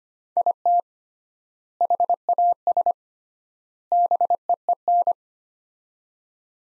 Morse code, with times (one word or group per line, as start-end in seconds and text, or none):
0.4-0.8 IT
1.8-2.9 HAS
3.9-5.1 BEEN